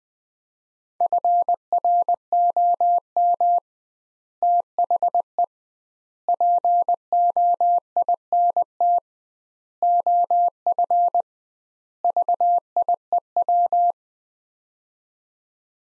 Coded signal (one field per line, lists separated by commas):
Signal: Morse code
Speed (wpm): 21 wpm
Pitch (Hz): 700 Hz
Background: none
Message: FROM THE POINT OF VIEW